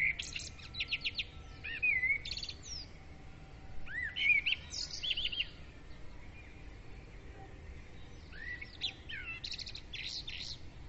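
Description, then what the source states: Birds singing with rattling trills, swooping whistles and chirps in spaced bursts, leaving a quieter stretch in the middle. Birds' dawn praise (dawn chorus), recorded with a ZOOM recorder.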